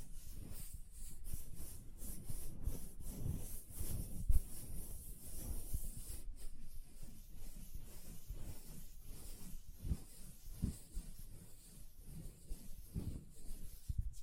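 Hand sounds with soft rubbing and lotion-like swishes, crisp bright hiss on top and scattered light taps, one sharper knock near four seconds.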